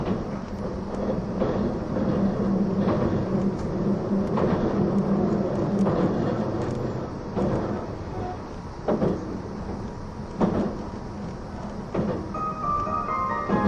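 Running sound aboard the E261 series Saphir Odoriko No. 1 train: a steady, dense low rumble with a droning hum throughout. Sharp knocks of wheels over rail joints recur every second or two, louder around nine and ten seconds, and a brief high tone appears near the end.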